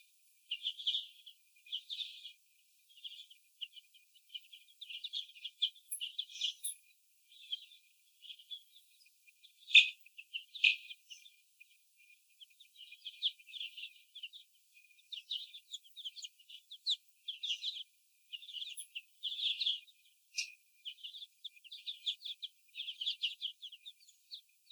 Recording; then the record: young laying hens in a cage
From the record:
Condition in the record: before the stressor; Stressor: sudden umbrella opening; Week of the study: 2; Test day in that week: 1